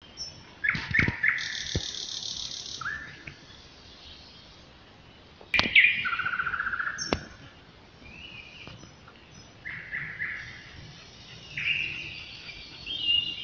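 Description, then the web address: Nightingale song: varied phrases of clear whistles, buzzy rattles and sharp clicks, separated by short pauses, over a steady low background rumble. "slowik spiew slowika"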